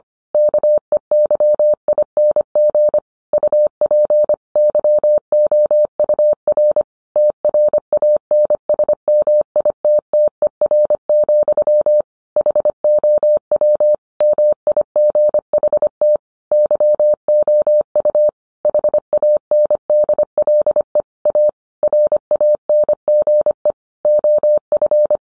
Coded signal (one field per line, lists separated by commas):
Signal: Morse code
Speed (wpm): 25 wpm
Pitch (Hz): 600 Hz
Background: none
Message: KEYING UP YOUR TRANSMITTER, HOW MIGHT YOU HANDLE A RANGE OF